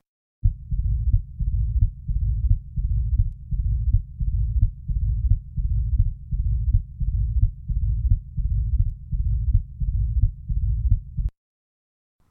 Mitral stenosis that loud first heart sound, and then that second heart sound followed by that durr rumbling murmur. The heart sounds recorded on a Thinklabs Digital Stethoscope.